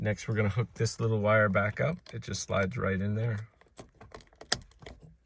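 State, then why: Seated. Someone talks while a small steering wheel wiring connector is slid back into its clockspring socket at the steering column of a 2010–2015 VW Passat during a clockspring replacement to fix an airbag light. After the talking, a few faint handling ticks are heard, then a sharp click at 4.5 s as the connector seats.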